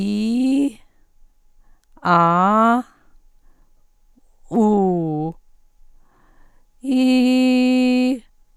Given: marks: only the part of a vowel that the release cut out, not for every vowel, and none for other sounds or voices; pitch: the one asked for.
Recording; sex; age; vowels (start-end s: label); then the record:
sustained vowels; female; 50 to 59 years
0.00-0.62 s: vowel /i/, normal pitch
2.12-2.73 s: vowel /a/, normal pitch
4.59-5.22 s: vowel /u/, normal pitch
6.97-8.04 s: vowel /i/, high pitch
From the record:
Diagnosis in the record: recurrent laryngeal nerve paralysis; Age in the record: 59 years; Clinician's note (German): Vorbekannte alte Parese re, z.B. zentral laryngale Bewegungsstörung bei Acustikusneurinom li